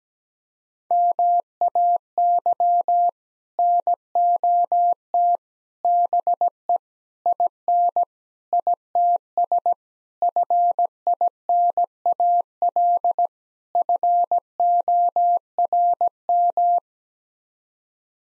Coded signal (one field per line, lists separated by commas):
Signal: Morse code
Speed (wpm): 17 wpm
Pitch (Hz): 700 Hz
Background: none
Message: MAY NOT BE IN ITS FINAL FORM